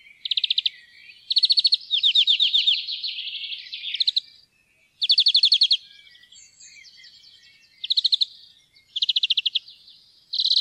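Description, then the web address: European greenfinch delivering repeated rapid metallic trills mixed with softer twittering and buzzy phrases, with brief pauses between bursts. "fuglelyder- groennfink"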